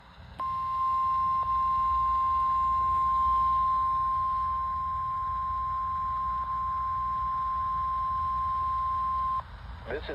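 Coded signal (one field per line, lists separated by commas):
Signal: Emergency Alert System (SAME) tones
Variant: 1050 Hz attention tone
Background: speech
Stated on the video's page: Required weekly test (RWT).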